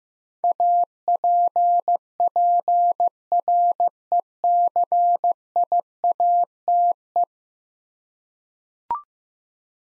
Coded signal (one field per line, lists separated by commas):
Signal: Morse code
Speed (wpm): 16 wpm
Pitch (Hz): 700 Hz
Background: none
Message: APPRECIATE